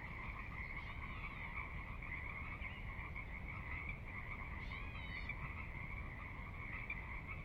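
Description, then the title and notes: Pacific Chorus Frog chorus, many frogs trilling together in an unbroken wash, with a couple of brief higher chirps above and a low water rumble beneath. Chorus recorded at midnight on the valley floor, Sinlahekin Valley, Sinlahekin Wildlife Area, Washington, near Cascades; distant water spillage in background; unprocessed raw recording. "Sinlahekin Valley midnight. the ever-present Pacific Chorus Frogs that are a fixture of the Northwest Soundscape"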